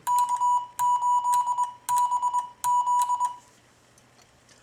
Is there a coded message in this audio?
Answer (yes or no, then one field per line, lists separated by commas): yes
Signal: Morse code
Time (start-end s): 0.1-3.3 s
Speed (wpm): 22 wpm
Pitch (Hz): 980 Hz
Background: none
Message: K8BZ